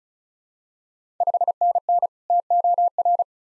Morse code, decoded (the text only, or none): 5NN TOR